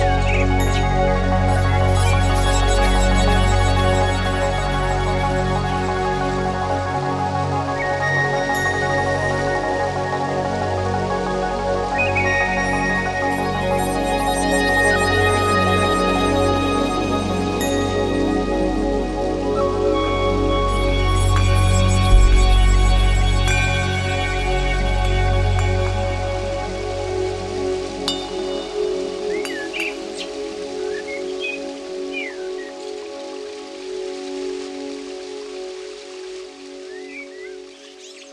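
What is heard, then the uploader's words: Electronic ambience with layered sustained tones, a deep rumbling low end and shimmering high textures that shift in bursts around 14 and 22 seconds. Faint chirp-like sounds appear near the end as the music thins and fades, the low drone dropping away after about 30 seconds. Eternal Spring Of The Chalice Well. Electronic Ambience and the sounds of nature recorded in the timeless Isle of Avalon.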